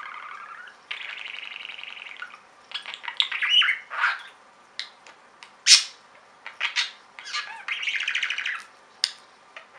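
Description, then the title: Budgerigar chatter with a steady buzzy rasp, then a run of sharp clicks, squeaks and short chirps, and another grating buzzy phrase. "Budgie Sounds"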